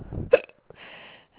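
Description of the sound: A single sharp, abrupt hiccup from an adult woman cuts through soft breathy sounds while she is reading aloud, followed by a quiet exhale.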